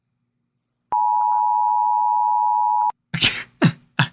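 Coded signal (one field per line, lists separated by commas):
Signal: Emergency Alert System (SAME) tones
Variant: 853 and 960 Hz attention tone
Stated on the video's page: Fictional EAS scenarios.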